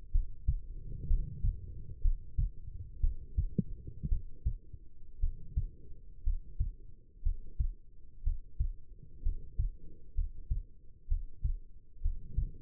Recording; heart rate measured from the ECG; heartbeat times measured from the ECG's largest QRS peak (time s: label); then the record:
heart sounds by stethoscope; 61 bpm
0.11 s: heartbeat
1.07 s: heartbeat
2.01 s: heartbeat
3.00 s: heartbeat
4.08 s: heartbeat
5.19 s: heartbeat
6.23 s: heartbeat
7.22 s: heartbeat
8.23 s: heartbeat
9.22 s: heartbeat
10.14 s: heartbeat
11.07 s: heartbeat
12.01 s: heartbeat
From the record:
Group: healthy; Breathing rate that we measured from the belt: 16 breaths a minute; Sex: female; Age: 22 years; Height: 171 cm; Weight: 65.6 kg